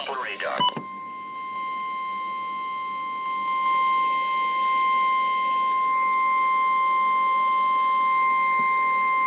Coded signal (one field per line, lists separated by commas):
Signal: Emergency Alert System (SAME) tones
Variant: 1050 Hz attention tone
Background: speech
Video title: EAS #201-202 - Flash Flood Warnings